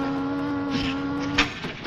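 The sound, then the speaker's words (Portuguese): A taxi's engine hums steadily at a low, even pitch as it pulls up and parks in front of a hotel, then cuts out, followed by a few short clunks and rustling sounds. “Um táxi estaciona em frente ao hotel.”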